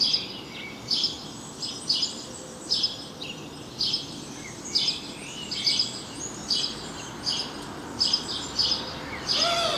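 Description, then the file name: House sparrow chirping: brief bright notes repeated many times in an uneven series over a hissing background. "Passer domesticus"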